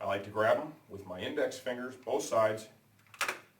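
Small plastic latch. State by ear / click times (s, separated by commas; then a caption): released / 3.2 s. Someone talks while pulling up both plastic side-pod levers with the index fingers to release the face shield on an Arai Quantum 2 motorcycle helmet. A sharp click is heard at 3.2 seconds as the levers open and the shield is released.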